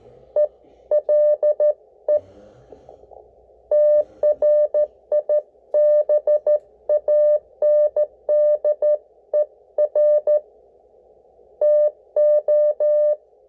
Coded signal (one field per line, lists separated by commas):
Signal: Morse code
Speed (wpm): 14 wpm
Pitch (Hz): 600 Hz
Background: none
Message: ELE TRIBANDER TO